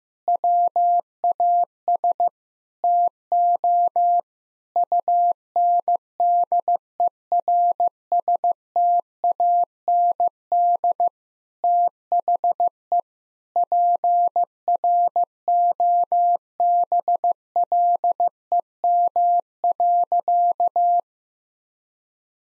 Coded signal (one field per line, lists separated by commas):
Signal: Morse code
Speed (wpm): 15 wpm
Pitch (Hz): 700 Hz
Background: none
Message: WAS TO UNDERSTAND THE PROBLEM.